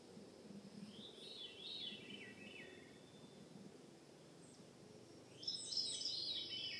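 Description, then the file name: Veery song, faint fluty phrases spiraling downward in pitch, one near the start and a second, higher and brighter, toward the end, over steady low background noise. Recorded in Juneau, Alaska, on 15 June 2014. "Veery Alaska Juneau Laurie Lamm"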